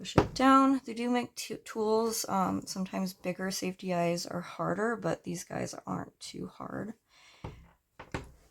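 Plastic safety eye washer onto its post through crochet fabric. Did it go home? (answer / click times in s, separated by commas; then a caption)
yes / 8.0 s, 8.2 s. With the crocheted ghost laid flat on a flat surface, plastic safety eye washers are pushed down by hand onto their posts through the crochet fabric while someone talks. Two short snaps are heard at 8.0 s and 8.15 s as the backings lock. The safety eyes are snapped in and held firmly in place.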